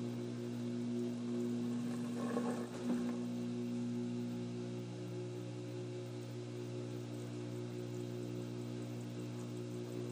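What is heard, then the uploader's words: A washing machine hums with a steady low drone and a whining tone, with a brief clattering surge around two to three seconds. ASMR Washing Machine.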